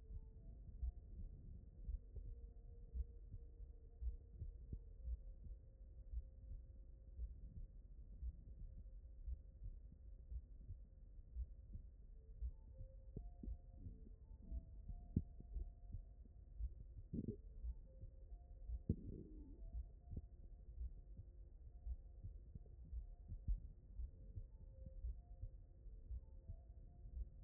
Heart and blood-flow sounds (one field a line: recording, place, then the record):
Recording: heart sounds by stethoscope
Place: mitral valve (MV)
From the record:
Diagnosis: non-HFrEF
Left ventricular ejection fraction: 60%